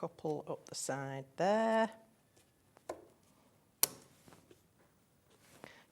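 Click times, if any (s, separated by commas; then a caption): 3.8 s. A strong magnet held on a stencil mat is placed on a stencil platform to hold the stencil down and snaps into place with a sharp click at 3.8 seconds. Someone talks before the snap, and softer taps follow. The magnet is seated, holding the stencil firmly.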